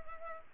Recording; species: mosquito wingbeat signal from an infrared sensor; Culex pipiens